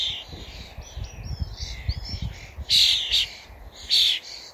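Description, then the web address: Common starling calling: thin whistled slurs and clicks first, then two loud, harsh, rasping bursts about a second apart, against faint low-pitched background noise. "Deverinetal 2025. Bird Only"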